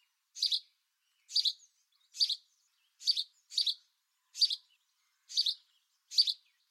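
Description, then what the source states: House sparrow song: single chirpy notes, each a short double chirp, repeated about once a second in a plain series, with no other sounds. Male; very simple song of one note at a time, enough to attract a female and also used to defend territory.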